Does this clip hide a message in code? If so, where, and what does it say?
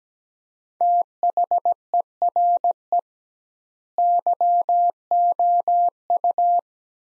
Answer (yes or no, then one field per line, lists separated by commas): yes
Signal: Morse code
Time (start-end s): 0.8-6.6 s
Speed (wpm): 17 wpm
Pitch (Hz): 700 Hz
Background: none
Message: THERE YOU